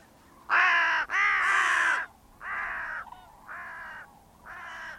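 Bird giving harsh, hoarse caws: two long loud ones back to back, then three shorter, softer caws about a second apart.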